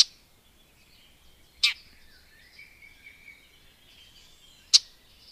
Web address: agykontroll Madardalok Cd 2. Tövisszúró gébics